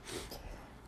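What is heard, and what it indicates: A single brief, breathy nasal burst, an ordinary sneeze heard during conversation.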